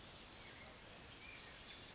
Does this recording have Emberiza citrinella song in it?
no